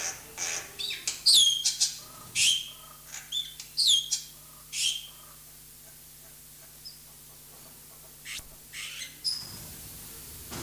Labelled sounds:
Black-winged Starling (Acridotheres melanopterus) song
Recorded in captivity
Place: Zoo Berlin, Berlin, DE
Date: 2003-09-15 17:01
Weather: fair, 21°C
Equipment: Fair Mate ST-1328 (Asahi Electronics, Japan), Sennheiser ME 80, Kopie Uher 4000 Report Monitor
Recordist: Tembrock, Günter

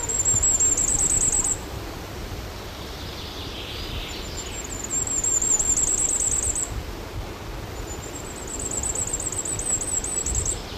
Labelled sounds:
Common Firecrest (Regulus ignicapilla) song
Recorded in the wild
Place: Guntersdorf, DE
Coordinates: 50.6511, 8.25944
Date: 1964-05-21
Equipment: Uher Report 4000, AKG D190
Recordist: Krey, Winfried

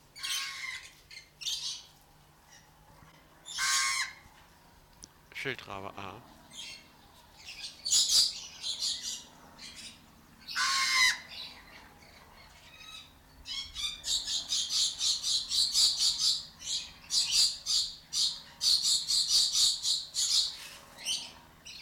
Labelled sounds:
Coconut Lorikeet (Trichoglossus haematodus)
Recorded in captivity
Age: adult
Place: Zoo Berlin, Berlin, DE
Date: 1993-08-28 10:17
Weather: 12-15°C, heiter
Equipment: Marantz CP 430, Sennheiser MKH 416 T, Kopie Uher Variocord 263
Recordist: Tembrock, Günter

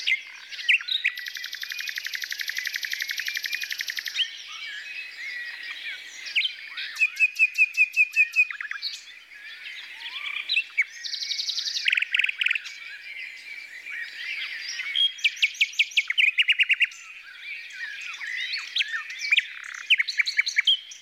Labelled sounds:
Common Nightingale (Luscinia megarhynchos) song
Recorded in the wild
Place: Merdingen bis Ihringen / Kaiserstuhl, Baden-Württemberg, DE
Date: 1982-05-02
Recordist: Schwarz, Dieter

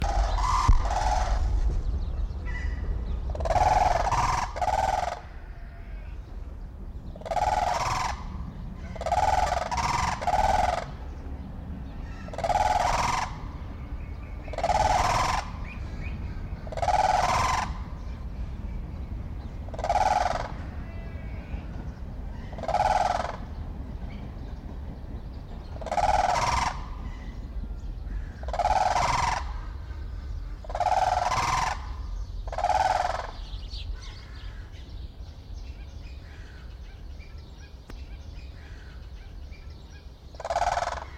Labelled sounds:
Blue Crane (Grus paradisea)
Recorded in captivity
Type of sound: call, call sequence, rattle call
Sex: pair
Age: adult
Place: Zoo Berlin, Berlin, DE
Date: 1995-02-04 11:50
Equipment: Marantz CP 130, Sennheiser ME 80, Kopie Uher Variocord 263
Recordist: Tembrock, Günter
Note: Paar-Rufen, Weibchen mit höherer Stimme

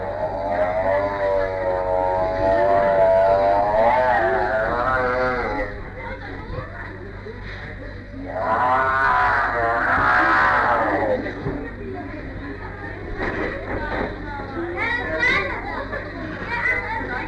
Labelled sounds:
Tiger (Panthera tigris)
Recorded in captivity
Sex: pair
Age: adult
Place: Tierpark Berlin, Berlin, DE
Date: 1959-05-28 10:00
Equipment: Smaragd
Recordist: TSA

